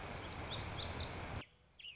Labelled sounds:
Black-throated Gray Warbler
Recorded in Sonoma County, California

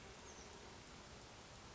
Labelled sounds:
Oak Titmouse
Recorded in Sonoma County, California

